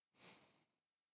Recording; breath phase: one breath near a microphone; exhalation